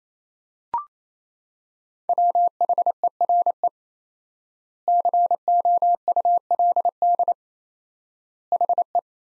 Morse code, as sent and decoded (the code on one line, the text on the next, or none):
.-- .... . .-. . / -.-. --- ..- .-.. -.. / .... .
WHERE COULD HE